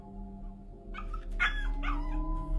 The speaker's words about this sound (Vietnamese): Thế nhưng sau một hồi, con chó như sợ hãi cái gì, nó kêu lên oang oảng mấy tiếng, rồi cụp đuôi chạy vào trong nhà chui vào gầm giường.